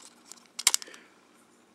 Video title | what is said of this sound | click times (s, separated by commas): Revenge of the Fallen Voyager Bludgeon Review | now you'll hear it snap into place that's when you know that you've done it | 0.7 s